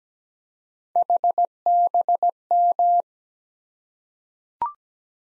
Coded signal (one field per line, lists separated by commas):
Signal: Morse code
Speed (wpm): 17 wpm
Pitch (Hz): 700 Hz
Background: none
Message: HBM